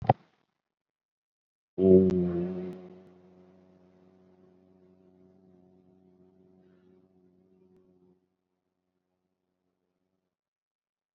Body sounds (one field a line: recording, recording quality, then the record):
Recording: sustained vowel as in boot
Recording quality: excellent, no background noise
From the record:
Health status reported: COVID-19 positive, mild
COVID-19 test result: positive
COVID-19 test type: RT-PCR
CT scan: not taken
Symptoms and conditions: cough, hypertension, diabetes, another condition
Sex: male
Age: 59 years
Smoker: no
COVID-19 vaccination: one dose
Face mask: not worn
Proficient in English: yes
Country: India